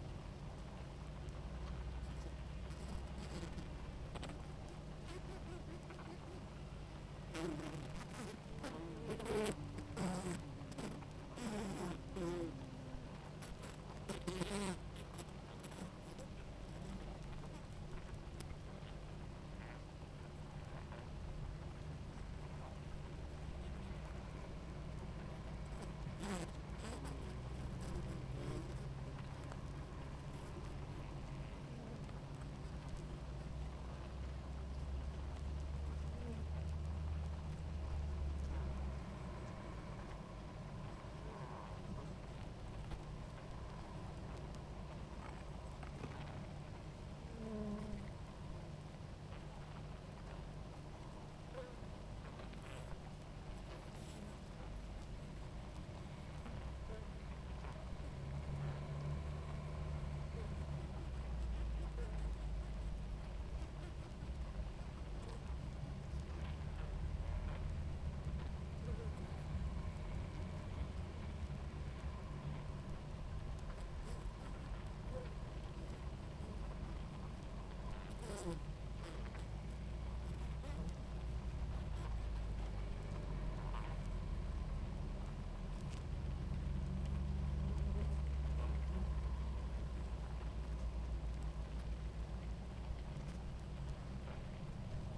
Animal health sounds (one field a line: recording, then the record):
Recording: honeybee colony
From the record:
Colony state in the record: active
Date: 28 July 2017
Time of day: 18:00